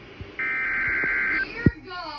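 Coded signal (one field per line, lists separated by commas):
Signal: Emergency Alert System (SAME) tones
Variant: header bursts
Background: speech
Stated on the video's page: Severe Thunderstorm Warning received from NOAA Weather Radio station WXJ91.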